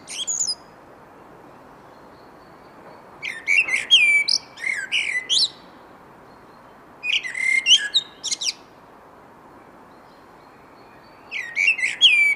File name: Turdus merula